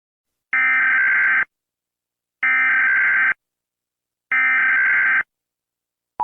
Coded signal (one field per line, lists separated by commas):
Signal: Emergency Alert System (SAME) tones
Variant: header bursts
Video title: EAS alarmas del mundo @jeeveejylveeandthetv